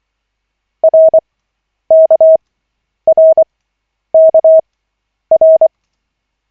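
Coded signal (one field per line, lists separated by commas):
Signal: Morse code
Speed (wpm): 24 wpm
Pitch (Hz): 640 Hz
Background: none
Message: RKRKR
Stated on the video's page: Koch-method Morse practice session of five minutes, lesson 5 of 40, generated by the LCWO.net website.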